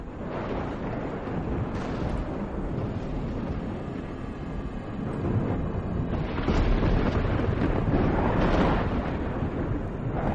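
Thunder rumbles continuously in a deep, loud roar as lightning flashes in the clouds, swelling into heavier crashing bursts toward the second half before easing slightly. No voices are present.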